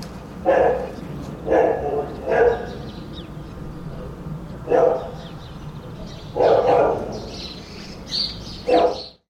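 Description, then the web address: Dog barking: rough single barks in uneven bursts, six in about nine seconds. Dog in a back yard. "Ian Hubball Back Yard Dog"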